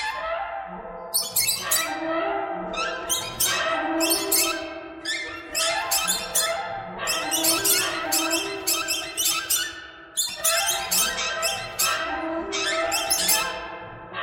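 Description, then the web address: Many birds calling at once, a busy stream of high squeaks and downward-sweeping chirps rising and falling in loudness throughout. "soundfactory birds"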